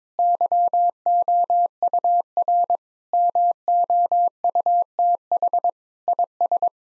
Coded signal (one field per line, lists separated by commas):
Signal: Morse code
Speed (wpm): 21 wpm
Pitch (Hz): 700 Hz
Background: none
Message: YOUR MOUTH IS